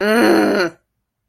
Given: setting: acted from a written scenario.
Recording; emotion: vocal sound without words; anger